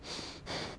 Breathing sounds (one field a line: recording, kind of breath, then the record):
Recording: one breath in and out by a microphone near the nose and mouth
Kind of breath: strong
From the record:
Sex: male